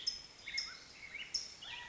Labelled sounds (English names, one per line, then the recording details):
California Quail
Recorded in Sonoma County, California